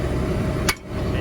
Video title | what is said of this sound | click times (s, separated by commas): A VERY SOAPY JOHN DEERE WITH A QUIZ AnswerAsAPercent 1823 | there you go that's locked in | 0.7 s